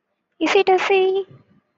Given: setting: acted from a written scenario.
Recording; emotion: vocal sound without words; ecstasy